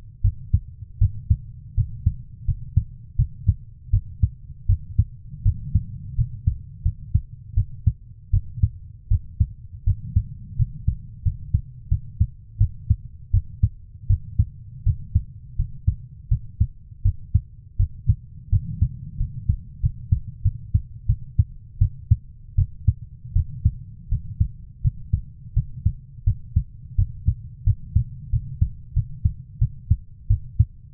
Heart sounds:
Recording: heart sounds by stethoscope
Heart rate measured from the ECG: 84 bpm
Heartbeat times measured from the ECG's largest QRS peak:
0.22 s: heartbeat
0.99 s: heartbeat
1.75 s: heartbeat
2.45 s: heartbeat
3.16 s: heartbeat
3.91 s: heartbeat
4.67 s: heartbeat
5.43 s: heartbeat
6.16 s: heartbeat
6.83 s: heartbeat
7.55 s: heartbeat
8.31 s: heartbeat
9.08 s: heartbeat
9.84 s: heartbeat
10.57 s: heartbeat
11.23 s: heartbeat
11.89 s: heartbeat
12.58 s: heartbeat
13.31 s: heartbeat
14.07 s: heartbeat
14.84 s: heartbeat
15.56 s: heartbeat
16.29 s: heartbeat
17.03 s: heartbeat
17.77 s: heartbeat
18.50 s: heartbeat
19.17 s: heartbeat
19.81 s: heartbeat
20.42 s: heartbeat
21.06 s: heartbeat
21.79 s: heartbeat
22.55 s: heartbeat
23.33 s: heartbeat
24.09 s: heartbeat
24.82 s: heartbeat
25.54 s: heartbeat
26.24 s: heartbeat
26.96 s: heartbeat
27.64 s: heartbeat
28.30 s: heartbeat
28.94 s: heartbeat
29.59 s: heartbeat
30.28 s: heartbeat
From the record:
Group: healthy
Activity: cold pressor test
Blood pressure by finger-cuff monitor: 118/75 mmHg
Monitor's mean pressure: 94 mmHg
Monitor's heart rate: 83 bpm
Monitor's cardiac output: 6.9 L/min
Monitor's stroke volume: 84 mL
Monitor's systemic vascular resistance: 1000 dyn s/cm5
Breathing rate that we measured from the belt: 14 breaths a minute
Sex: female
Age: 24 years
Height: 163 cm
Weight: 55.7 kg

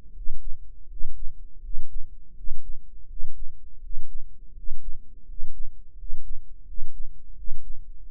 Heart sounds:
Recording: heart sounds by microphone in the right ear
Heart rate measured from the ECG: 83 bpm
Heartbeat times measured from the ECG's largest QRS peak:
0.11 s: heartbeat
0.86 s: heartbeat
1.59 s: heartbeat
2.33 s: heartbeat
3.05 s: heartbeat
3.79 s: heartbeat
4.52 s: heartbeat
5.24 s: heartbeat
5.94 s: heartbeat
6.63 s: heartbeat
7.33 s: heartbeat
8.04 s: heartbeat
From the record:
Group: healthy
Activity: cold pressor test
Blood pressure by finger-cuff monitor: 89/62 mmHg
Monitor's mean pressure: 69 mmHg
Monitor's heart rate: 81 bpm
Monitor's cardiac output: 6.8 L/min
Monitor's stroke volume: 84 mL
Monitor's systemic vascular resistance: 720 dyn s/cm5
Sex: male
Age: 23 years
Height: 178 cm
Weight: 96.6 kg

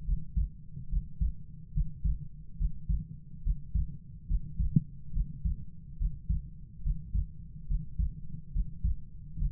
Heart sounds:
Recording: heart sounds by stethoscope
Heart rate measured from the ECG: 71 bpm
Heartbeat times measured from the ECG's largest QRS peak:
0.05 s: heartbeat
0.90 s: heartbeat
1.73 s: heartbeat
2.58 s: heartbeat
3.43 s: heartbeat
4.28 s: heartbeat
5.13 s: heartbeat
5.98 s: heartbeat
6.83 s: heartbeat
7.67 s: heartbeat
8.52 s: heartbeat
9.38 s: heartbeat
From the record:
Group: healthy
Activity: breath hold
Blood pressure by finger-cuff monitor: 106/52 mmHg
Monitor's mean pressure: 71 mmHg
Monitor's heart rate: 71 bpm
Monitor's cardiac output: 7 L/min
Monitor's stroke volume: 98 mL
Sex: female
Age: 22 years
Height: 160 cm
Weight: 63 kg

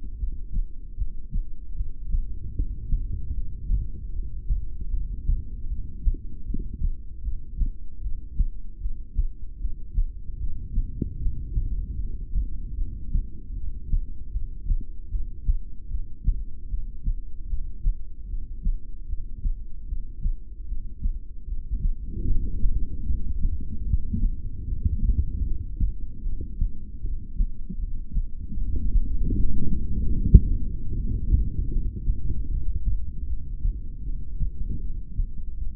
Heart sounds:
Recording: heart sounds by stethoscope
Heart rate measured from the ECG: 76 bpm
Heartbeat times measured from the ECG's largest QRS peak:
0.15 s: heartbeat
0.94 s: heartbeat
1.72 s: heartbeat
2.51 s: heartbeat
3.30 s: heartbeat
4.08 s: heartbeat
4.87 s: heartbeat
5.65 s: heartbeat
6.42 s: heartbeat
7.20 s: heartbeat
7.98 s: heartbeat
8.77 s: heartbeat
9.56 s: heartbeat
10.35 s: heartbeat
11.15 s: heartbeat
11.94 s: heartbeat
12.73 s: heartbeat
13.51 s: heartbeat
14.28 s: heartbeat
15.07 s: heartbeat
15.86 s: heartbeat
16.65 s: heartbeat
17.45 s: heartbeat
18.24 s: heartbeat
19.04 s: heartbeat
19.84 s: heartbeat
20.63 s: heartbeat
21.43 s: heartbeat
22.23 s: heartbeat
23.02 s: heartbeat
23.82 s: heartbeat
24.61 s: heartbeat
25.40 s: heartbeat
26.19 s: heartbeat
26.98 s: heartbeat
27.75 s: heartbeat
28.53 s: heartbeat
29.31 s: heartbeat
30.09 s: heartbeat
30.88 s: heartbeat
31.67 s: heartbeat
32.45 s: heartbeat
33.23 s: heartbeat
34.00 s: heartbeat
34.77 s: heartbeat
35.53 s: heartbeat
From the record:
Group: heart failure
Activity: rest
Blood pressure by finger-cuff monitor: 92/60 mmHg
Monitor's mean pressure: 73 mmHg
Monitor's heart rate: 77 bpm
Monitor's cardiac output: 6.6 L/min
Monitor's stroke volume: 87 mL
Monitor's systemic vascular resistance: 800 dyn s/cm5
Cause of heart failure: ischemic heart disease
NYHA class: 2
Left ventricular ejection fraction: 28%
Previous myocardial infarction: present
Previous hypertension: present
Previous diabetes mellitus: present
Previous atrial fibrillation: present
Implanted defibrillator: present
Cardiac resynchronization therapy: present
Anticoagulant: apixaban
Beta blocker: bisoprolol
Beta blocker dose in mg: 10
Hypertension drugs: sacubitril-valsartan, spironolactone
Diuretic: furosemide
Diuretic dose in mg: 20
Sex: male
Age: 62 years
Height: 178 cm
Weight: 88.3 kg

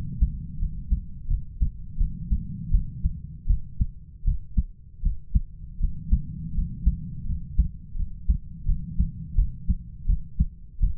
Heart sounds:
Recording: heart sounds by stethoscope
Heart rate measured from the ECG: 82 bpm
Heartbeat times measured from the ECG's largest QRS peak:
0.58 s: heartbeat
1.27 s: heartbeat
1.97 s: heartbeat
2.70 s: heartbeat
3.46 s: heartbeat
4.24 s: heartbeat
5.02 s: heartbeat
5.79 s: heartbeat
6.54 s: heartbeat
7.25 s: heartbeat
7.96 s: heartbeat
8.65 s: heartbeat
9.35 s: heartbeat
10.06 s: heartbeat
10.79 s: heartbeat
From the record:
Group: healthy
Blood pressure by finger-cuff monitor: 112/64 mmHg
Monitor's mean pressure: 83 mmHg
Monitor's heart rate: 86 bpm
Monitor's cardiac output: 7.6 L/min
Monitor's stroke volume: 90 mL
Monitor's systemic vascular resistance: 760 dyn s/cm5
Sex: male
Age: 33 years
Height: 179 cm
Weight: 80.4 kg

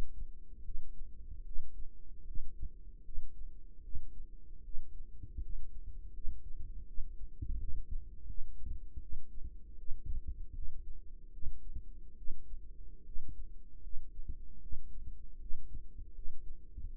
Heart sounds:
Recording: heart sounds by microphone in the right ear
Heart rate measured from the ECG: 78 bpm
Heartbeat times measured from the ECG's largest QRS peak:
0.63 s: heartbeat
1.44 s: heartbeat
2.25 s: heartbeat
3.03 s: heartbeat
3.82 s: heartbeat
4.62 s: heartbeat
5.41 s: heartbeat
6.12 s: heartbeat
6.86 s: heartbeat
7.58 s: heartbeat
8.26 s: heartbeat
9.00 s: heartbeat
9.77 s: heartbeat
10.53 s: heartbeat
11.31 s: heartbeat
12.16 s: heartbeat
13.04 s: heartbeat
13.81 s: heartbeat
14.60 s: heartbeat
15.39 s: heartbeat
16.13 s: heartbeat
16.88 s: heartbeat
From the record:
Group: healthy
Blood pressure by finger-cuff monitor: 96/52 mmHg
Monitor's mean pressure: 65 mmHg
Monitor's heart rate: 77 bpm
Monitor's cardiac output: 7 L/min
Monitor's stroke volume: 92 mL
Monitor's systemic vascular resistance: 660 dyn s/cm5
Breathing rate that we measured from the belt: 23 breaths a minute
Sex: female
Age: 22 years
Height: 157 cm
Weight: 47.6 kg

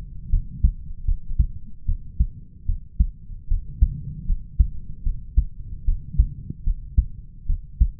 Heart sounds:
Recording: heart sounds by stethoscope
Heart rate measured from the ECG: 75 bpm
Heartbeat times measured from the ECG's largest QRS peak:
0.30 s: heartbeat
1.05 s: heartbeat
1.86 s: heartbeat
2.66 s: heartbeat
3.48 s: heartbeat
4.26 s: heartbeat
5.03 s: heartbeat
5.85 s: heartbeat
6.64 s: heartbeat
7.46 s: heartbeat
From the record:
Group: healthy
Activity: rest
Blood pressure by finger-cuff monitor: 93/72 mmHg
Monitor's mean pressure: 78 mmHg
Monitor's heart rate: 75 bpm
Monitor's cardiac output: 5.3 L/min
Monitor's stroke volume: 69 mL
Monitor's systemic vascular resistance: 1060 dyn s/cm5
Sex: male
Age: 20 years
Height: 187 cm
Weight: 68.9 kg

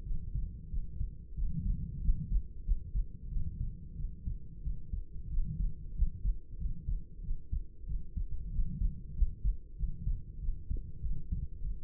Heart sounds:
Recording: heart sounds by stethoscope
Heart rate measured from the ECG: 93 bpm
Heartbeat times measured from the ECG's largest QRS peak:
0.02 s: heartbeat
0.68 s: heartbeat
1.34 s: heartbeat
2.00 s: heartbeat
2.63 s: heartbeat
3.28 s: heartbeat
3.94 s: heartbeat
4.61 s: heartbeat
5.28 s: heartbeat
5.94 s: heartbeat
6.57 s: heartbeat
7.21 s: heartbeat
7.85 s: heartbeat
8.50 s: heartbeat
9.13 s: heartbeat
9.75 s: heartbeat
10.39 s: heartbeat
11.00 s: heartbeat
11.61 s: heartbeat
From the record:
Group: healthy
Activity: rest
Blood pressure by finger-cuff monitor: 113/65 mmHg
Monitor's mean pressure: 81 mmHg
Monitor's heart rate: 94 bpm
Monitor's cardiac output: 7.6 L/min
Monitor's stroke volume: 83 mL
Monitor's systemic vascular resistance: 770 dyn s/cm5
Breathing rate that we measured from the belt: 18 breaths a minute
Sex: female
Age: 26 years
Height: 165 cm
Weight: 55 kg

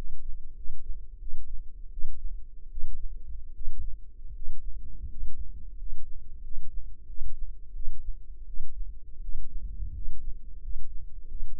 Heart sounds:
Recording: heart sounds by microphone in the left ear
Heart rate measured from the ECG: 84 bpm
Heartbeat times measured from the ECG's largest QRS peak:
0.55 s: heartbeat
1.19 s: heartbeat
1.90 s: heartbeat
2.70 s: heartbeat
3.53 s: heartbeat
4.33 s: heartbeat
5.08 s: heartbeat
5.76 s: heartbeat
6.42 s: heartbeat
7.06 s: heartbeat
7.73 s: heartbeat
8.45 s: heartbeat
9.20 s: heartbeat
9.92 s: heartbeat
10.60 s: heartbeat
11.27 s: heartbeat
From the record:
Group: healthy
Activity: rest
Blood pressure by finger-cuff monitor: 119/64 mmHg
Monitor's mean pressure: 78 mmHg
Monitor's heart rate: 85 bpm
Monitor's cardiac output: 8.2 L/min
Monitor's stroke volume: 94 mL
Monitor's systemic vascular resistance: 680 dyn s/cm5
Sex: male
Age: 23 years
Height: 179 cm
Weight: 87 kg

